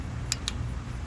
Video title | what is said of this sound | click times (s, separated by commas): 2020 Klx110 Big Bore kit Install ( Tb 143cc kit step by step Install) | till we get a nice click from it as as well | 0.3 s